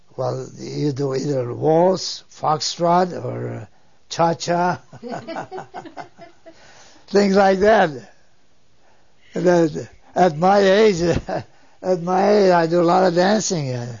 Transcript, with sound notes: Well, you do either waltz, foxtrot or cha-cha. (they laugh) Things like that. And at, at my age, at my age I do a lot of dancing.